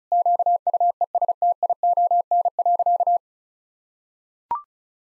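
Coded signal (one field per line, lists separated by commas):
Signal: Morse code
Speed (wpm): 34 wpm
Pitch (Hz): 700 Hz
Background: none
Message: QUESTION.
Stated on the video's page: Morse practice of sentences with common five-word phrases at 35wpm, each sentence sent before and after being spoken.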